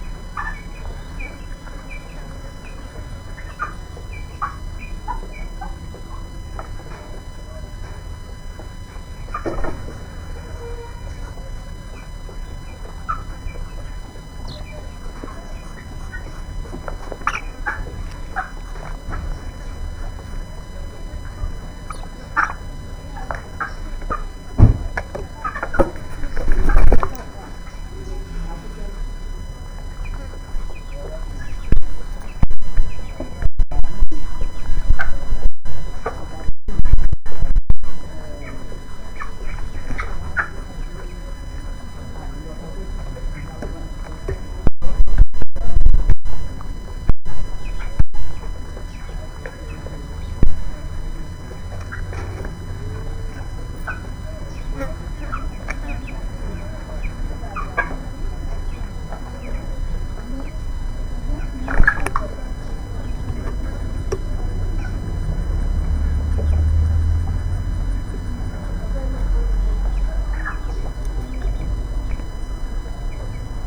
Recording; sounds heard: poultry house recording; background noise or bird activity such as feeding and pecking